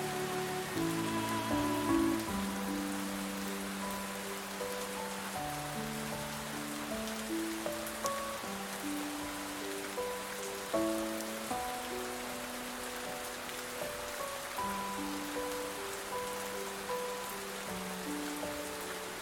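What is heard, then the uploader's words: Heavy rain pours steadily throughout, a dense, even hiss filling the upper range with no letup. Beneath it, soft music plays slow, sustained low notes that change every couple of seconds, with occasional brighter tones drifting above, all at a constant gentle level. RAINFALL and Relaxing TUNES. Heavy rain accompanied by calming music.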